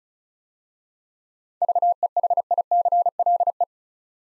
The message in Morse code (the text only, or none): VEHICLE